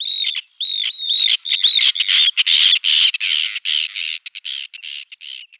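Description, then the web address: Arctic tern calls: loud, harsh notes followed by a rapid series of rasping, overlapping calls. "Schulze Peter Arctic Tern"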